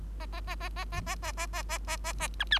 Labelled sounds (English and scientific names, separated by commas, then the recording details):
Bengalese Finch (Lonchura striata domestica) song
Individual Bird3